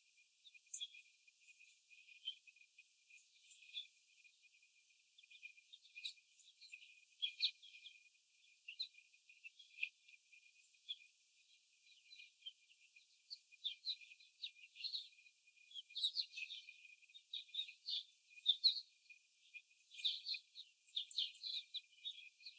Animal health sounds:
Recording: young laying hens in a cage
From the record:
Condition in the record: after the stressor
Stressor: simulated dog barking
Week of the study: 4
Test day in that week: 3

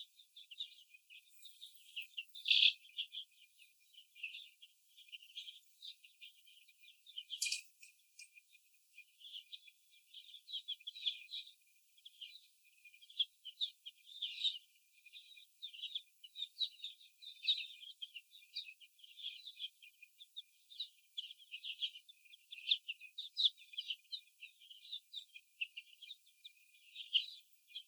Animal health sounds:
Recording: young laying hens in a cage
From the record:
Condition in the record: before the stressor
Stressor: sudden umbrella opening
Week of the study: 2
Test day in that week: 1

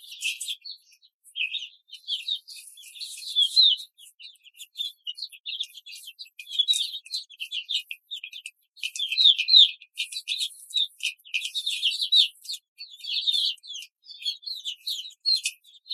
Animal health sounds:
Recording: young laying hens in a cage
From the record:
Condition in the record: control cage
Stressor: none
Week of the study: 5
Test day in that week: 1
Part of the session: 3

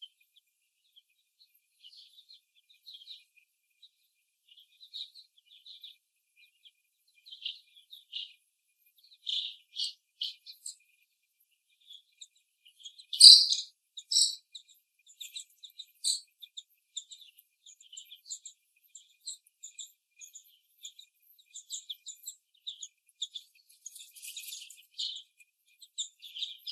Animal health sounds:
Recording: young laying hens in a cage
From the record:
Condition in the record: after the stressor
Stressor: simulated dog barking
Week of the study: 1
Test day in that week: 1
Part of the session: 2

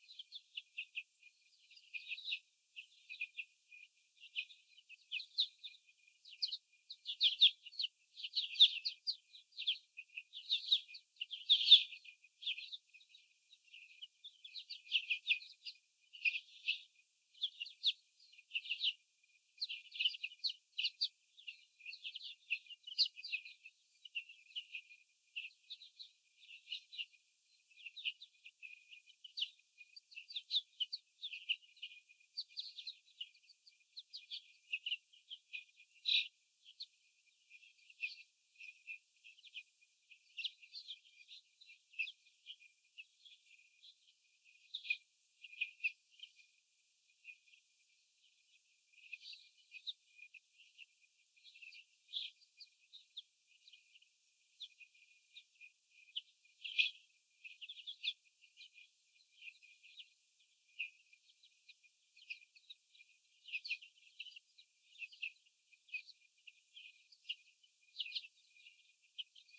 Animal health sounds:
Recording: young laying hens in a cage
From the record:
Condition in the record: after the stressor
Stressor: sudden umbrella opening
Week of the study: 3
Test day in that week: 2

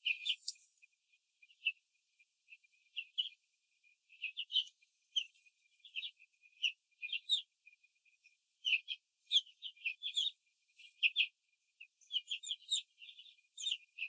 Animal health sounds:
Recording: young laying hens in a cage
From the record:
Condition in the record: control cage, after the stress test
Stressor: none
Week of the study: 4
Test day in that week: 3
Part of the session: 4

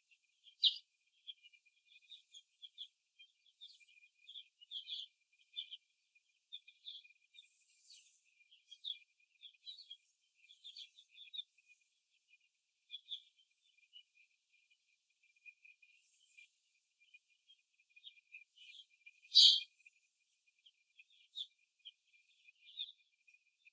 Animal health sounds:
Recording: young laying hens in a cage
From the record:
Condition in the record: after the stressor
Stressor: simulated dog barking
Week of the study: 2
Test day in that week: 2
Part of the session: 2

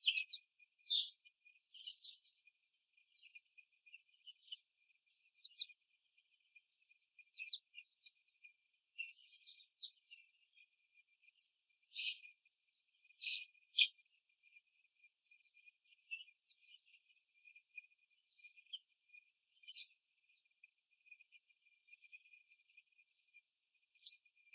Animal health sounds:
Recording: young laying hens in a cage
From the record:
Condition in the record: before the stressor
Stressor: simulated dog barking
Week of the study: 3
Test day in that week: 1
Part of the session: 1

